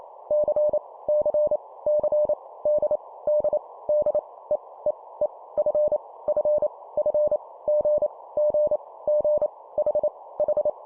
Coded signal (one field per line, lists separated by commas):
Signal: Morse code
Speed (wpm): 28 wpm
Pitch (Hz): 600 Hz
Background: none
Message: C C C D D D E E E F F F G G G H H